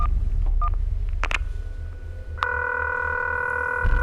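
telephone dialing tones

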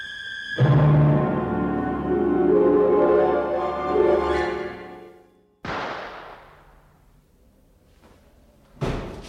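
gunshot

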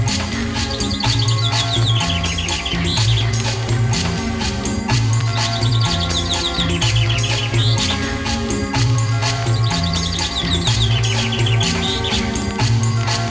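chaffinch song

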